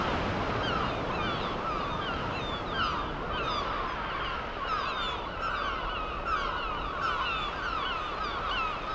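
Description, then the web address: Gulls giving repeated cries, several birds overlapping, with continuous ocean waves beneath. Gulls with ocean waves, ambient seaside sound. "Deezer - Dormir au bord de l'océan 32-Vagues et mouettes"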